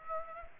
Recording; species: mosquito wingbeat signal from an infrared sensor; Aedes aegypti